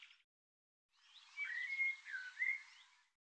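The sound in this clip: Bird song, a faint brief note at the start, then a warbled phrase of sliding whistles lasting about two seconds.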